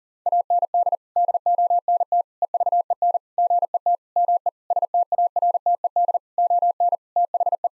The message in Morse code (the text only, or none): AND DONT EVEN GET ME STARTED ON THE